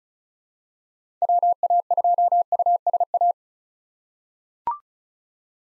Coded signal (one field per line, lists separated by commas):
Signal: Morse code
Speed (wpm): 36 wpm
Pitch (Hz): 700 Hz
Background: none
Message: WA2USA